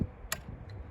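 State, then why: Seated. A crossbow bolt is pushed onto the rail of an Excalibur Twinstrike crossbow until its nock clips in against the string. A sharp, bright click at 0.3 s marks the bolt seating, with faint softer ticks near the start and around 0.7 s. The bolt is clipped into place.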